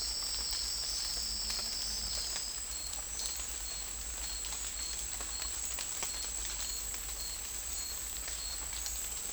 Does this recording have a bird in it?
no